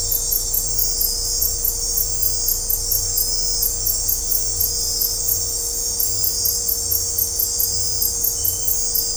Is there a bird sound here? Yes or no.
no